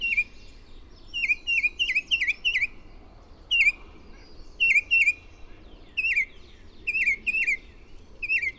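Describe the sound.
Bird song of short slurred chirps, singly or in clusters of up to five, separated by brief pauses.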